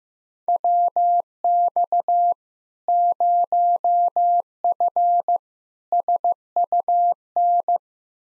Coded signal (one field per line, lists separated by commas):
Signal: Morse code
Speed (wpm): 15 wpm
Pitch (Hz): 700 Hz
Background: none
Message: WX 0F SUN